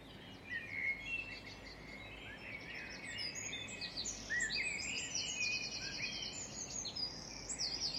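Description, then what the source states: Birds in a full chorus, overlapping sweet whistles, chips and fast rattling trills from many singers, continuous throughout, with low background hiss. Dawn chorus.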